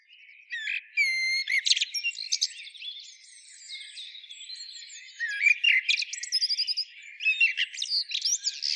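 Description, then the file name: Common blackbird song beginning with clear repeated whistles, then softer warbling, then a lively run of high chattering notes toward the end. "Turdus merula"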